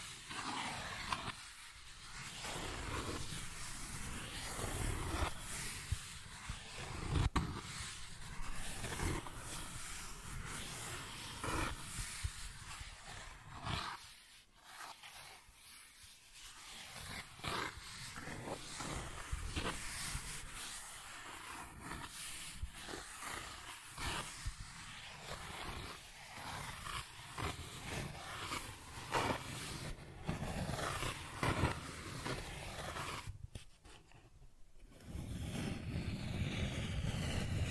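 Cardboard is scratched and rubbed in a dense, rough rasp that runs almost without pause, with quick irregular strokes and occasional sharper tearing bursts. The sound drops briefly around 14 and 34 seconds, then returns, ending at its loudest.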